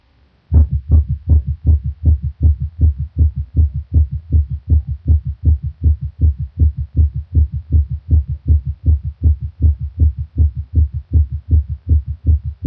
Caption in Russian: Пароксизмальная тахикардия аускультативно проявляется большой частотой сердечных сокращений, обычно более 150 ударов в минуту, при сохранении правильного ритма. Громкость тонов обычно повышена, однако различить первый и второй тоны бывает крайне сложно. У больного ишемической болезнью сердца в момент пароксизма наджелудочковой тахикардии.